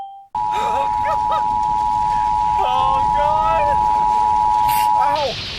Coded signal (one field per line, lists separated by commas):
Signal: Emergency Alert System (SAME) tones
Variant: 853 and 960 Hz attention tone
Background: speech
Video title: EAS Scenario Sins: REVIVED - EPISODE 1: RISING HEAT